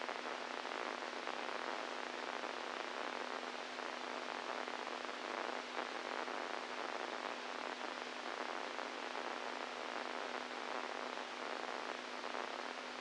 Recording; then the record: brain microelectrode recording played as sound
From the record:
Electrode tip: inside the subthalamic nucleus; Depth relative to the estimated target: 0 mm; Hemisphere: right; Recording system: NeuroSet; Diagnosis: Parkinson's disease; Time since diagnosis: 10 years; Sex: male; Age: 65 years